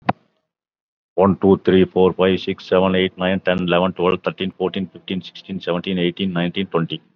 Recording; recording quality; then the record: counting at a fast pace; excellent, no background noise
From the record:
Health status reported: COVID-19 positive, mild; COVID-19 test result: positive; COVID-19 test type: RT-PCR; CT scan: not taken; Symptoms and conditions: cough, hypertension, diabetes, another condition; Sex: male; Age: 59 years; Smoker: no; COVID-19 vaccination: one dose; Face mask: not worn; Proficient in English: yes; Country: India